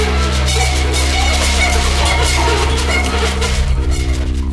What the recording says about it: I had this tinnitus, this ringing in the ears a constant note, just like a blaring horn in my head. Those sounds were unshakable. There wasn't any way to turn them down. They never went away.